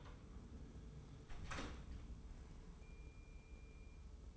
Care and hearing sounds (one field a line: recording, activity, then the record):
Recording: daily activity, microphone in the room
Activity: close door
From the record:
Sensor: 1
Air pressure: 1015.2 hPa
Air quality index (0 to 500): 104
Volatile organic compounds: 3 ppm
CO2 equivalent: 1418 ppm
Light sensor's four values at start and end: 14/33/14/15 and 14/33/14/15